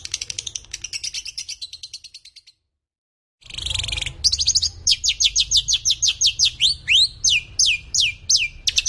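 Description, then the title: Lovebird calling with quick high chirps, then a short silence, followed by louder, sharply sweeping squeaky notes in an irregular series. Konslet-style song, long continuous chattering. "Lovebird Konslet"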